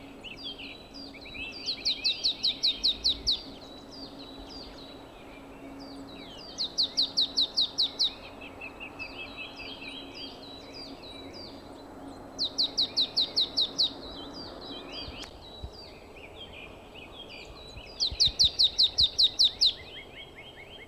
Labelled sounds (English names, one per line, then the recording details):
Marsh Tit
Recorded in the wild
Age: adult
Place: Villach, Kärnten, AT
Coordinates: 46.591, 13.824
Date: 1971-04-14
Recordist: Brunner, Thomas